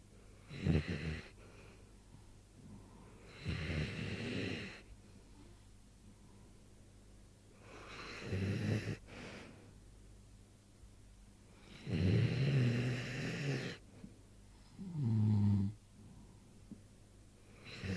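Snoring: low rumbling snores every three to four seconds in a quiet room, ordinary snoring during sleep.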